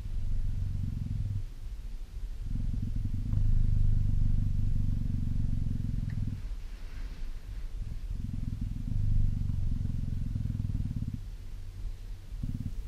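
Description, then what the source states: Cheetah purring in long rumbling stretches broken by short breathing gaps, the low pulsed drone returning several times. Tame cheetah in bed.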